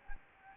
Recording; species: mosquito wingbeat signal from an infrared sensor; Anopheles gambiae